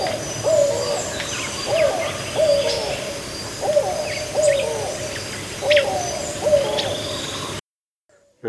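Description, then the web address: Bird calls: low notes repeat several times over a busy chorus of thin chirps and whistles from other birds, ending abruptly. Recorded 12 February 2022, 09:29. "2022-0212-0929-52"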